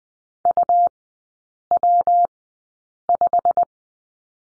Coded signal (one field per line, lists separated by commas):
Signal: Morse code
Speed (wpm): 20 wpm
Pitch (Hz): 700 Hz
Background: none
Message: UW5